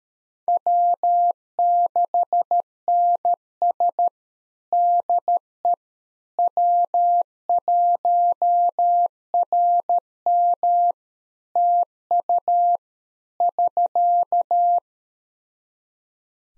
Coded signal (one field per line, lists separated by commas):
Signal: Morse code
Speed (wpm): 13 wpm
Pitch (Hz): 700 Hz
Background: none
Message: W6NS DE W1RM TU <SK>